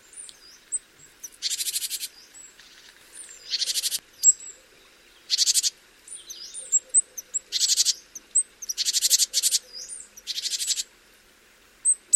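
Great tit churring calls: a run of harsh, buzzy rattles repeated at short intervals, with thin high notes between them.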